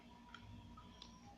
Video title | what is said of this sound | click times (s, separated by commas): How to Attach your DSLR lens | you turn left a little bit and then you hear it snap and | 0.4 s, 1.0 s